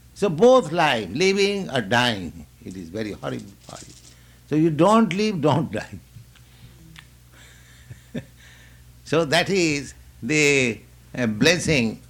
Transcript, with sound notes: So both life, living or dying, it is very horrible for you. So you don't live, don't die." [laughs] So that is the blessing